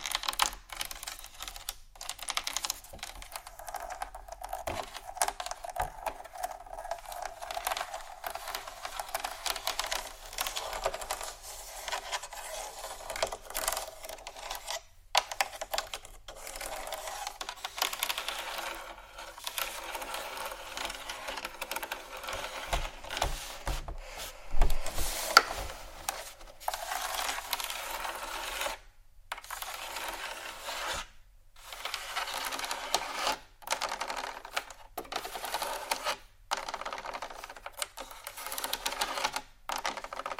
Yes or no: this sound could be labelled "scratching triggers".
yes